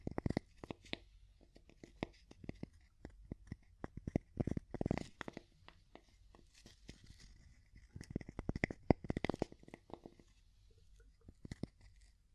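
Wooden tapping in irregular bursts, with sharp knocks coming in quick clusters around the second, fifth, and eighth to tenth seconds and sparse single hits in between. The taps are dry and clicky, with a faint low hum underneath throughout.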